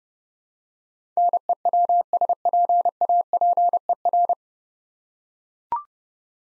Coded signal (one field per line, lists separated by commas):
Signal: Morse code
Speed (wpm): 30 wpm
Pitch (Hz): 700 Hz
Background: none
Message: NEWSPAPER